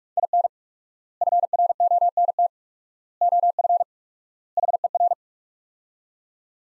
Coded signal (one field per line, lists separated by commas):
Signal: Morse code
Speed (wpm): 45 wpm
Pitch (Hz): 700 Hz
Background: none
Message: IN FRONT OF HER